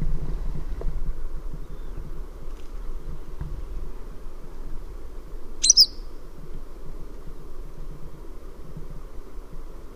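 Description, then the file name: Western yellow wagtail giving a single sharp, high, slurred call midway through, over a steady low rumbling background. "Cutrettola"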